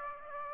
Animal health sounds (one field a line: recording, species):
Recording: mosquito wingbeat signal from an infrared sensor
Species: Aedes aegypti